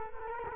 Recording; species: mosquito wingbeat signal from an infrared sensor; Culex quinquefasciatus